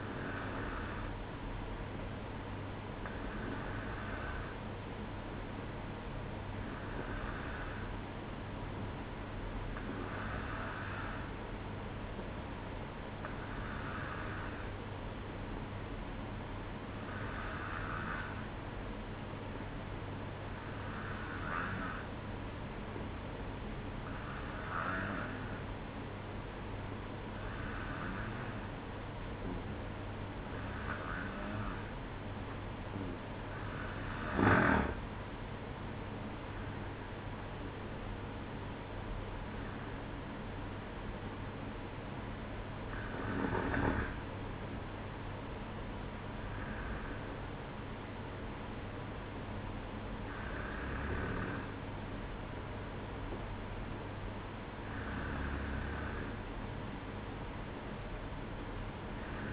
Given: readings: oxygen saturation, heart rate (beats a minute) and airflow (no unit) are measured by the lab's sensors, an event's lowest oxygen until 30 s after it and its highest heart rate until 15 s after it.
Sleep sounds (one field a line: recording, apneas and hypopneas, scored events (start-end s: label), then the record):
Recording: breathing in sleep by a voice recorder at the bedside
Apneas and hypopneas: 1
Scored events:
3.00-34.40 s: hypopnea (N2, oxygen 94% highest, then 92% lowest, heart rate 62 at the start, 68 highest)
26.00-56.00 s: new sleep stage, N1 (lightest sleep)
56.00-59.53 s: new sleep stage, N2 (light sleep)
From the record:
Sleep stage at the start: N2 (light sleep)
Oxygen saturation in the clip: 92 to 94%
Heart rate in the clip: 59 to 68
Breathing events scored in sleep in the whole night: 305 in 9.6 hours asleep